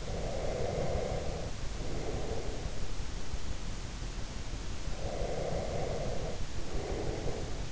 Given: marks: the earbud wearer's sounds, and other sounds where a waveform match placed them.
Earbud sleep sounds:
sounds in sleep by an in-ear microphone; breath
0.00-2.94 s: breath
4.85-7.69 s: breath

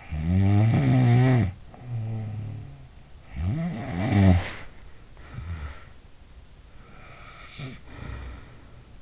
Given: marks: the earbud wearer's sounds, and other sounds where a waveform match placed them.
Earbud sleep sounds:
sounds in sleep by an in-ear microphone; snoring breath, body movement, breath
0.00-6.28 s: snoring breath
4.07-5.03 s: body movement
6.85-8.91 s: breath

